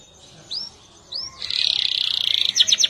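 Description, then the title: Canary song: two separate high upslurred whistles, then a dense buzzy trill with a few sharp notes at the end. "Kenari"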